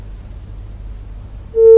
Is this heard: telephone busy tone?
yes